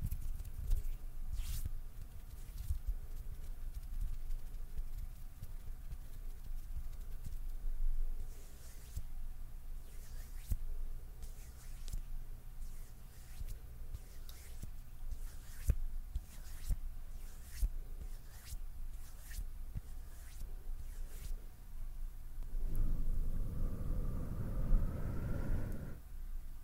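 Close-up mouth sounds arrive as short, crisp clicks and smacks scattered every second or so over a low, steady hum. Near the end, around twenty-three seconds, a louder rustling swell rises, like hands brushing near the microphone, before easing off.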